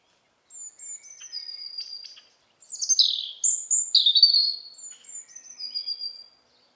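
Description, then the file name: European robin song: faint thin whistled phrases, then a loud burst of liquid falling notes, and quieter thin whistled phrases again at the end. "Erithacus rubecula"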